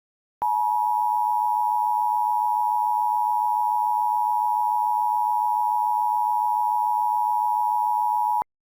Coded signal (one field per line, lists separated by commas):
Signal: Emergency Alert System (SAME) tones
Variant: 853 and 960 Hz attention tone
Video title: EAS Mock #2: Emergency Alert System | Tornado Warning